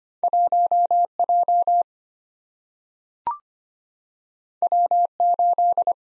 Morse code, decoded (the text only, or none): 1J W8